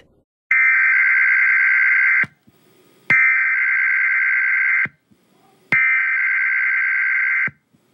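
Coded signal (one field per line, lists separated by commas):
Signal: Emergency Alert System (SAME) tones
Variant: header bursts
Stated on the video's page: Fictional EAS scenario with alerts relayed by the uploader.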